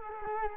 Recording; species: mosquito wingbeat signal from an infrared sensor; Culex quinquefasciatus